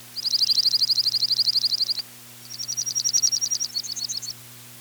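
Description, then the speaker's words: Junco trill song: two rapid trills of high chipping notes, each about two seconds long, with a short pause between them. Singing again in spring with sweet trills, in the Northland. "Juncos are also singing again with their sweet trills."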